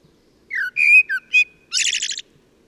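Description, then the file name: Common blackbird singing one short phrase: mellow whistled notes followed by a thin, buzzy, chattering flourish at the end. "Turdus merula"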